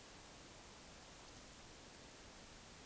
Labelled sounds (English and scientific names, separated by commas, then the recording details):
Eurasian Woodcock (Scolopax rusticola) whistle
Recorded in Baden-Württemberg, Germany, on 20 May 2021 at 20:01 UTC
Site 24606, 635 m above sea level